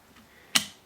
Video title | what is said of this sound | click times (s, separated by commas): Hobbytrain SNCB HLE 18 N Gauge Locomotive Review | snaps right into place and there we go | 0.6 s